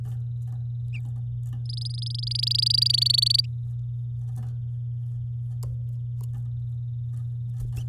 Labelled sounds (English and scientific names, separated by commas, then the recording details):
Domestic Canary (Serinus canaria) song
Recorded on 10 May 2018 at 10:45
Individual llb16